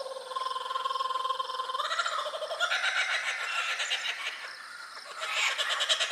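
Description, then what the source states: Laughing Kookaburra laughing call: steady hooting notes that build into a loud, rapid, chaotic cackle of repeated chuckles, then rise again near the end. Laughing kookaburra, a kingfisher, from Australia.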